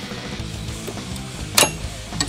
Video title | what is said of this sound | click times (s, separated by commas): H22A Rebuild - Part 4! | you'll hear it click | 1.6 s